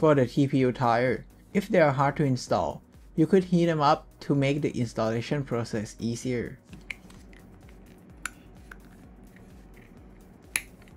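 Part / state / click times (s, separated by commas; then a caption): TPU tire onto printed respooler wheel / seated / 10.6 s. Someone talks, then a warmed TPU rubber tire is pressed onto a 3D-printed spool wheel of a filament changer's respooler, with quiet handling noise and a few faint ticks. A sharp click at 10.6 s marks the heated tire popping into place, seated on the wheel.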